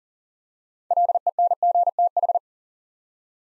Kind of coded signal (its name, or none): Morse code